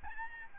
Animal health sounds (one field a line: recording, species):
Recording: mosquito wingbeat signal from an infrared sensor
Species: Aedes albopictus